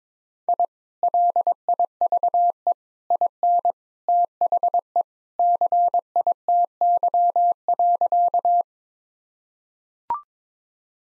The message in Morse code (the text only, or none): I LIVE IN THE CITY.